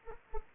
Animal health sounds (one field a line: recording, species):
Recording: mosquito wingbeat signal from an infrared sensor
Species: Anopheles arabiensis